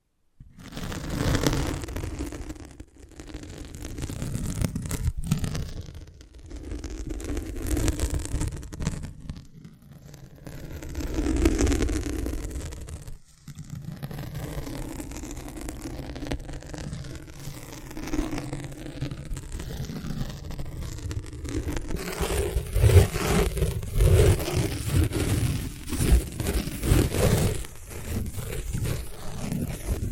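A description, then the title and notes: Soft scratching and tracing sounds move in uneven strokes, mostly low and muffled with brief brighter scrapes. The motion rises and falls in bursts lasting a few seconds, with short pauses near 3, 9 and 13 seconds, then settles into steadier, denser rubbing toward the end. Invisible Tapping, Scratching, Tracing.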